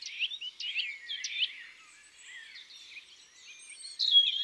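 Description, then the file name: Eurasian nuthatch song, a few short rising and falling whistled notes in quick bursts, then a brighter whistled phrase near the end, with soft background chirps. Song; woods and forests. "Sitelle torchepot Chants doiseaux des bois et des forets"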